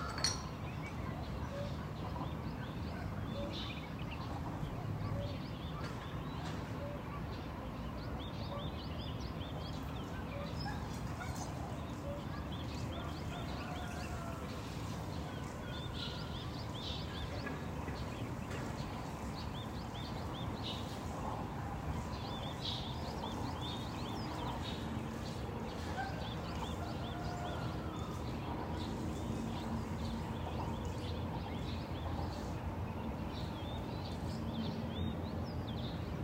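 Morning birdsong in Dali: several birds call one after another, some chirping and twittering, with short bright calls scattered through the whole clip. A steady low murmur runs underneath, and occasional animal sounds, possibly a dog, come through faintly.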